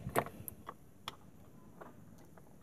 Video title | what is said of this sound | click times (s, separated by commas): MODIFIKASI STIR ODYSSEY DI HONDA STEAM D17 --Aktifkan tombol Stir PART #3 | Mari kita colokkan sampai berbunyi klik. | 1.1 s